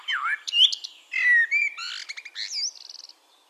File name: Turdus merula